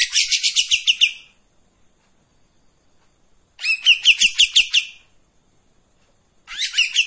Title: KAPAS TEMBAK GACOR TEMBAKAN DAN BESETAN PANJANG AUDIO KERNIH COCOK UNTUK MASTERAN MURAI BATU PASTOL